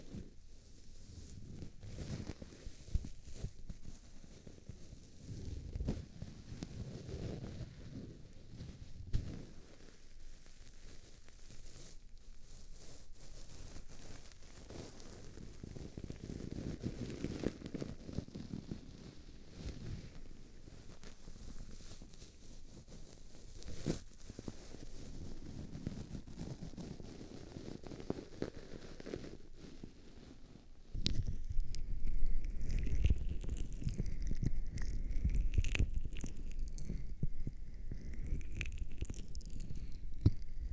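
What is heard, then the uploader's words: Ear cleaning and massaging: muffled, low rubbing and scraping comes in irregular strokes, soft and dull for the first thirty seconds. Around 31 seconds it turns louder, and wavering, squeaky whistling tones rise and fall repeatedly over the continued rubbing. ASMR CLEANING AND MASSAGING YOUR EARS (NO TALKING).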